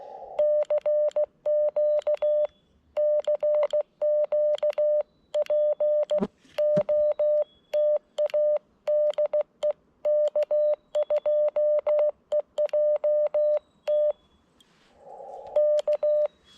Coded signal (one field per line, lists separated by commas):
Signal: Morse code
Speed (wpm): 16 wpm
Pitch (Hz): 600 Hz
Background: none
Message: CQ CQ POTA DE K2EJT K